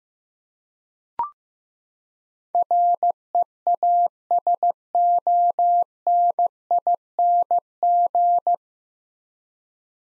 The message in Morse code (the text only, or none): REASONING